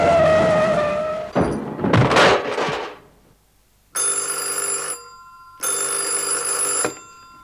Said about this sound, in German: Hey, was ist denn mit dem Wagen los? Sind Sie betrunken, Mann? Der Wagen, Sir, lässt sich nicht steuern.